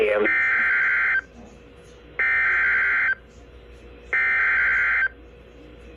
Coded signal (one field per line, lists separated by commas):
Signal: Emergency Alert System (SAME) tones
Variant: header bursts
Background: speech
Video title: EAS #1573 Severe Thunderstorm Warning 3-22-22